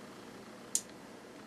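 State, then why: Released. The spring-loaded follower of an airsoft pistol magazine, locked down after the magazine is filled with BBs, is released and snaps up against the BBs. A single sharp, bright click at 0.8 s stands out over quiet background hiss, and the follower is released.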